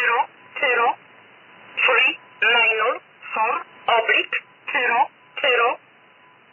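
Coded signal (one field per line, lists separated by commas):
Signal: numbers station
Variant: E11 'Oblique'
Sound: a voice reading about nine short, evenly spaced words through narrow single-sideband radio audio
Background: faint radio hiss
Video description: Here is a recording of the E11 Polish numbers station as received in Birmingham UK on the 5th of March 2022 at 19:10 GMT.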